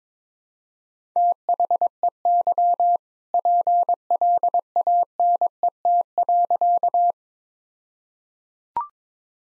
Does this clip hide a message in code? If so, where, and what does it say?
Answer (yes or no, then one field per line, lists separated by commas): yes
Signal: Morse code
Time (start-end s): 1.2-7.1 s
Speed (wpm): 21 wpm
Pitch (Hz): 700 Hz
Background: none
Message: THEY PLANET.